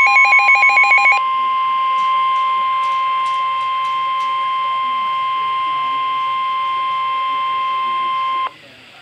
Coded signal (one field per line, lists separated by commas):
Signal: Emergency Alert System (SAME) tones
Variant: 1050 Hz attention tone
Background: speech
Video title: TRIPLE HEADER Severe Thunderstorm warning (EAS 41,42,43)